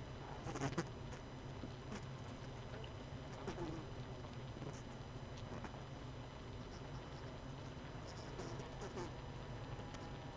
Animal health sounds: honeybee colony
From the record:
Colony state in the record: missing queen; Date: 31 May 2018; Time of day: 18:23

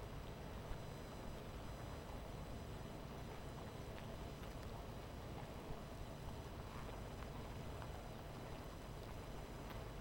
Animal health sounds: honeybee colony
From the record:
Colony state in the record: missing queen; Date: 14 July 2017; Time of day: 12:11

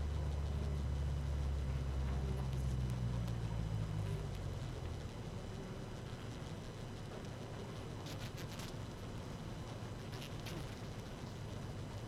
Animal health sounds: honeybee colony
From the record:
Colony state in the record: active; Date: 12 June 2018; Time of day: 18:01

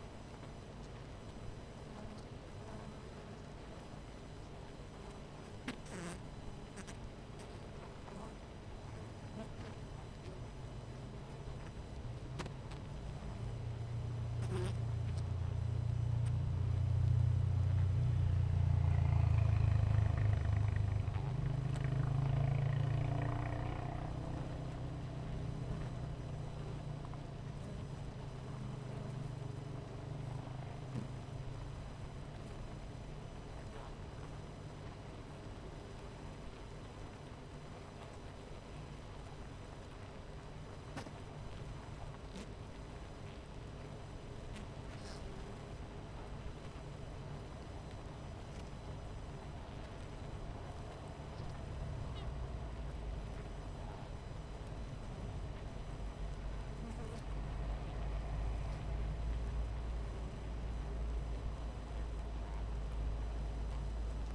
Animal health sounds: honeybee colony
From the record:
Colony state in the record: missing queen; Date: 14 July 2017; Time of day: 11:04

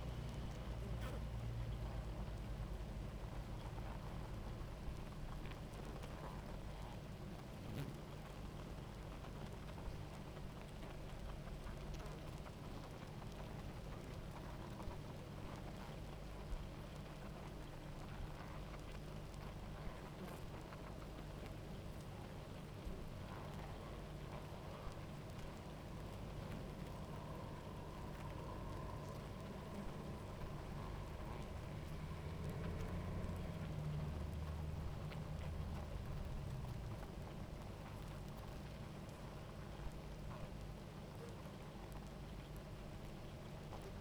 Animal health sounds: honeybee colony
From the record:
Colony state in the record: active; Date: 28 July 2017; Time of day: 17:58

